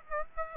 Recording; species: mosquito wingbeat signal from an infrared sensor; Aedes aegypti